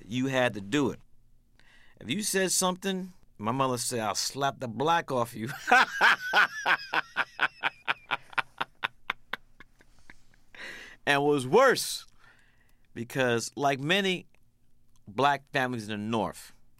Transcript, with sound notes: You had to do it. If you said something, my mother said, I'll slap the black off you (laughter) And what was worse - because like many black families in the North,